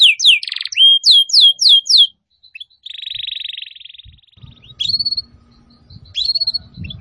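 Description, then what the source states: Atlantic canary gives loud, evenly spaced downward chirps, then a buzzy trill and two later rising whistled notes, with low rumbling noise underneath. Canary song used as a lure to attract birds.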